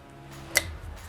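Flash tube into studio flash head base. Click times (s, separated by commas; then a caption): 0.6 s. A replacement flash tube's three prongs are lined up with the base of a 1,600-joule broncolor studio flash head, and the tube is gently wiggled in. A single sharp, bright click sounds at 0.6 s over a quiet background hum as the tube seats in the base, and the spring tab is then checked as seated.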